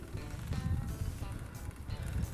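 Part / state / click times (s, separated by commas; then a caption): pedal spindle into crank arm / not seated / none. A bicycle pedal's threaded spindle is turned by hand into the steel crank arm while the crank is held still, heard as soft handling and turning sounds under background music. Someone talks. Nothing has seated yet by the end of the clip.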